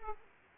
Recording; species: mosquito wingbeat signal from an infrared sensor; Aedes aegypti